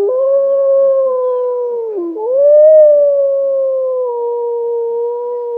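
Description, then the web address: Grey wolf howl, one long clear tone that dips briefly, rises again and then falls slowly to a level pitch, lasting over five seconds with no other sounds. "voice Canis lupus"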